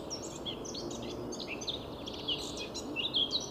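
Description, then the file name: Eurasian blackcap warbling in quick, scratchy high phrases with a few brighter clear notes near the end, partly masked by a constant rushing background noise. "Sylvia atricapilla"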